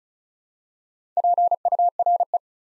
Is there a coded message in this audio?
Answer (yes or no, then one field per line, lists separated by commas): yes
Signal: Morse code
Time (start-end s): 1.2-2.4 s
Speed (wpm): 36 wpm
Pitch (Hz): 700 Hz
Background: none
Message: PURE